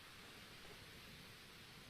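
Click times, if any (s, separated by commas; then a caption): none. A component connector is pressed into a PC motherboard, carefully so the board doesn't flex, but only a steady, even broadband hiss is heard with no sharp transient. Nothing has clicked into place yet, so the board is to be braced from behind and the connector pushed again.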